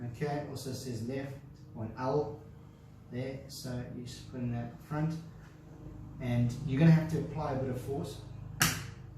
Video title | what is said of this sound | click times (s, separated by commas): ABIR X6 FULL SETUP 2021 BUY NOW BUY NOW https://s.click.aliexpress.com/e/_DF8dxvl | okay do you hear it click okay so you must make sure that they actually click in place | 8.6 s